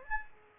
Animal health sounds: mosquito wingbeat signal from an infrared sensor; Aedes aegypti

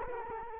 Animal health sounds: mosquito wingbeat signal from an infrared sensor; Culex quinquefasciatus

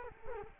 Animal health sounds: mosquito wingbeat signal from an infrared sensor; Culex quinquefasciatus

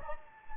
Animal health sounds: mosquito wingbeat signal from an infrared sensor; Anopheles gambiae

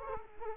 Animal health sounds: mosquito wingbeat signal from an infrared sensor; Culex quinquefasciatus

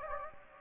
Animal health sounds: mosquito wingbeat signal from an infrared sensor; Anopheles gambiae

